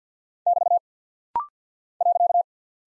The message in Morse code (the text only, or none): <BT> .